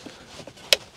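While installing ambient lighting in a 2022 Tesla Model 3/Y, the second side of a plastic interior trim panel is pushed into its tight slot in the dashboard/console. After a few faint soft ticks, a single sharp, loud snap rings out at 0.7 s. The side is seated and the panel is fully home.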